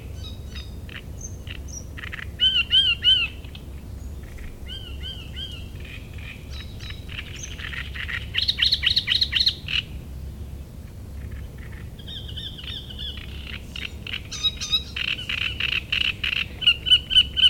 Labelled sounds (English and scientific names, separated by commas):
Great Reed Warbler (Acrocephalus arundinaceus)